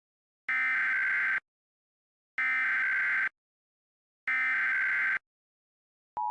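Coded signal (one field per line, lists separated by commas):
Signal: Emergency Alert System (SAME) tones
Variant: header bursts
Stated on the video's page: Fictional EAS scenario featuring repeated evacuation notices.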